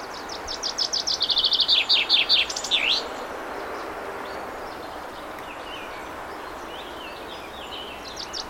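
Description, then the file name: Common chaffinch song phrase of rapid chipping notes descending in pitch and ending in a flourish, followed by faint softer notes and the start of another phrase. "Fringilla coelebs"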